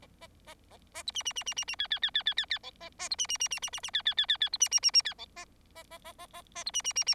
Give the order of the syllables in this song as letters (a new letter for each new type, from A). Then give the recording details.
A A A A A B C C C C C C D D D D D D D E A A B C C C C C C C D D D D D B C C C C D E A A A A A A A B C C C C. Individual Bird4